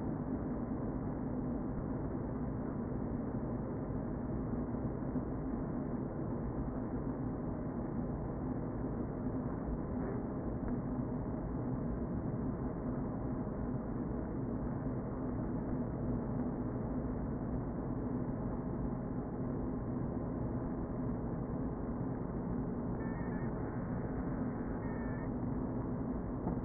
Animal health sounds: honeybee colony, microphone inside the hive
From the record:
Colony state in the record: queen present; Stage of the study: before two queens were removed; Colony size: about 60,000 bees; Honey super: yes

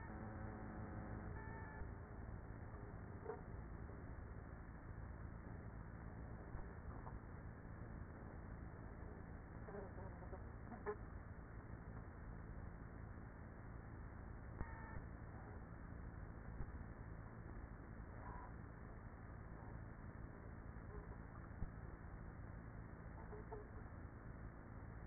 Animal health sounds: honeybee colony, microphone inside the hive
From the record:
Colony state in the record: queenless with a low population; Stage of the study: after two queens were removed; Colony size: about 30,000 bees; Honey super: no

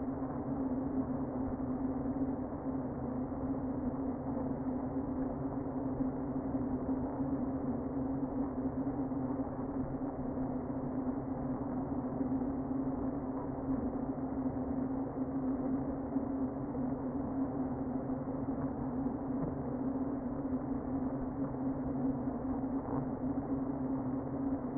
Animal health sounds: honeybee colony, microphone inside the hive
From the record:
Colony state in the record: queen present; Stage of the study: before two queens were removed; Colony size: about 60,000 bees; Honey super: yes

